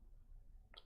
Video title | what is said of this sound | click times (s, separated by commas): Tinker Stream - Two Guys Talk Tech #69 | Click. There we go. There's a nice satisfying click. | 0.8 s